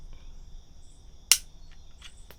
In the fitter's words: There it is, it's locked into place.